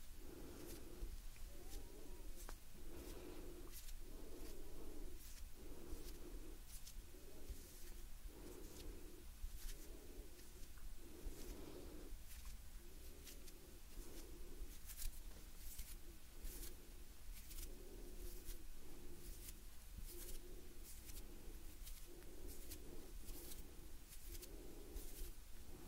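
Soft, steady breathing repeats in slow, even cycles about every two seconds, under crisp rustling and light tapping from gentle hand movements.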